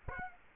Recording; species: mosquito wingbeat signal from an infrared sensor; Aedes aegypti